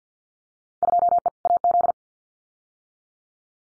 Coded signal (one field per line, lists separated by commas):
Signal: Morse code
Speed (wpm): 50 wpm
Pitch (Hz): 700 Hz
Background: none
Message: 2E AZ